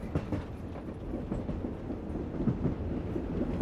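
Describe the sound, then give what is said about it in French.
A train traveling westward rumbles steadily along the rails, heard from aboard, a dense low-pitched roar with faint rhythmic clacking from the wheels, holding an even loudness throughout with no voices. “Zum allerersten Mal in einem Zug.”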